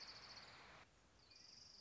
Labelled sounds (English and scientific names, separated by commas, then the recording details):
Orange-crowned Warbler (Leiothlypis celata)
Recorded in Sonoma County, California